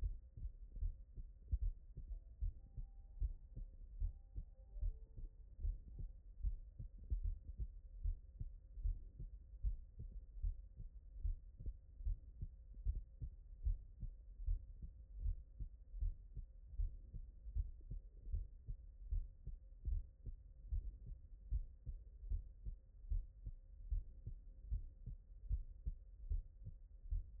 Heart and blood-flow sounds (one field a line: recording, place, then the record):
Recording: heart sounds by stethoscope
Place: tricuspid valve (TV)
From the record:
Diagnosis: non-HFrEF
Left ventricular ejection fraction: 59%